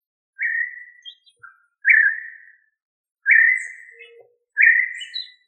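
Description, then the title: Quail giving clear whistled notes that slide downward, four notes about a second and a half apart, with a few faint higher chirps between them. "Familia Tinamidae - Quail - Puyuh"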